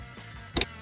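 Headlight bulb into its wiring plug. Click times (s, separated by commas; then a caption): 0.6 s. A new headlight bulb for a 2012–2017 Toyota Camry is pushed down into its wiring plug after the tabs on the bulb and plug are lined up. Two sharp clicks are heard at 0.6 s and 0.6 s over a faint background hum. The bulb is fully seated in the plug.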